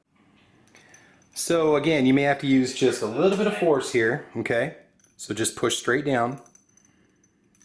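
During reassembly of a Springfield Armory Model 1911 Range Officer .45 ACP pistol, the metal takedown lever (slide stop) is pushed through the frame and pressed straight down toward the slide notch with a little force. Someone talks over faint handling noises, with a few small clicks and taps near the start and end. The lever has not snapped into place yet; nothing has seated by the end of the clip.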